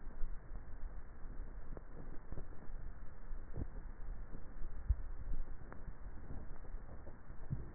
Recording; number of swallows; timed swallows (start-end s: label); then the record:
swallowing sounds by neck microphone; 2
0.23-1.72 s: swallow
4.60-5.38 s: swallow
From the record:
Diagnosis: dysphagia